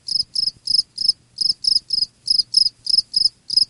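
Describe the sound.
Cricket chirping: many short, high-pitched chirps in quick succession, in loose runs with brief pauses, with faint low thumps underneath.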